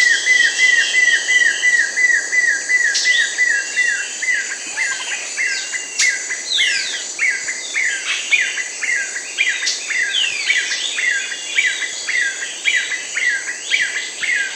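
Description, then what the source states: Yellow-billed nunbird giving a rapid, rollicking series of clipped, downward-sliding whistles against loud continuous insect buzzing. South America.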